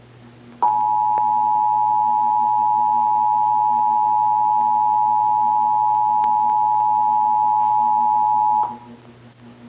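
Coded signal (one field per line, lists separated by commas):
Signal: Emergency Alert System (SAME) tones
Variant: 853 and 960 Hz attention tone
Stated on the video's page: Texas Required Monthly Test, March 2024, as carried on multiple radio and TV stations.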